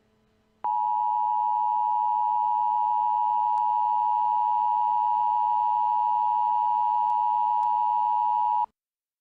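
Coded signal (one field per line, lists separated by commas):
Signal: Emergency Alert System (SAME) tones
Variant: 853 and 960 Hz attention tone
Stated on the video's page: Fictional nuclear missile EAS scenario set in Denver, Colorado.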